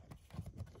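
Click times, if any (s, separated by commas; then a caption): none. A plastic cover is being handled and pressed toward a rocker switch housing mounted in the ballast switch plate on a boat's dash. Soft, low knocking and rubbing sounds are heard. Nothing has seated or clicked yet.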